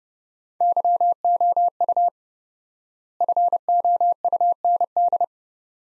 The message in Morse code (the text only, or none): YOU FOUND